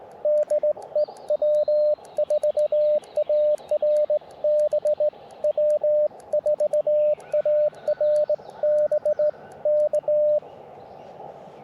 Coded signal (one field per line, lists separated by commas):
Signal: Morse code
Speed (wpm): 17 wpm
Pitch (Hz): 600 Hz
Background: radio noise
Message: DE W4ARB W4ARB K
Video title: Unexpected DX on QRP CW POTA Activation 5/4/23 @ K-4451